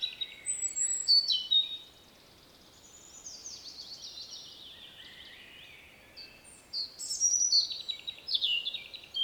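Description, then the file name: European robin song with high, thin whistled phrases and trills, a quieter warbling middle, then loud bright tinkling notes again. "Erithacus rubecula"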